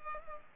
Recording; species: mosquito wingbeat signal from an infrared sensor; Culex pipiens